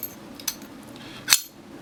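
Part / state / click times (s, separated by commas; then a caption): bolt in a door locking bolt body / seated / 1.3 s. A key is turned in the cylinder of an ADI 5004 heavy-duty steel locking bolt, moving the bolt in its door locking bolt body. After faint metallic ticks near 0.0 s and 0.5 s, a sharp bright click at 1.3 s marks the bolt clicking into its locked position, and it is confirmed locked.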